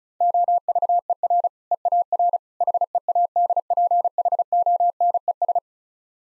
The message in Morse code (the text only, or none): OVER EAR HEADPHONES